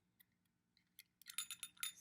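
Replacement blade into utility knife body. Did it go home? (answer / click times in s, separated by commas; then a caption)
yes / 1.8 s. A new replacement blade is slid into a utility knife body after the yellow release button is pressed. A series of light metallic clinks builds from about 1.0 s, and the loudest, at 1.8 s, is the blade locking into place.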